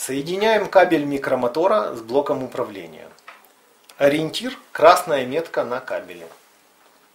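Someone talks while a micromotor cable plug is handled for connection to an endomotor control unit, lined up by the red mark on the cable. Two faint, brief ticks are heard in a pause in the talk, at about 3.5 s and 3.9 s. Nothing has seated or clicked yet.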